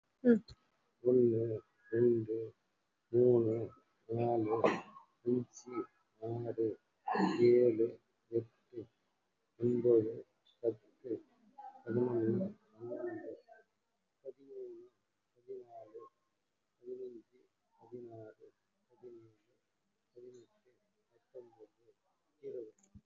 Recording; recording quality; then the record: counting at a normal pace; excellent, no background noise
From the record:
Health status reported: respiratory illness, not identified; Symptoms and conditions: cough, cold, breathing difficulty, sore throat, fatigue, chronic lung disease, pneumonia, another condition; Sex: male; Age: 62 years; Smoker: yes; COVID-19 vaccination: both doses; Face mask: worn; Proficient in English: no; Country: India